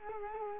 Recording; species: mosquito wingbeat signal from an infrared sensor; Culex quinquefasciatus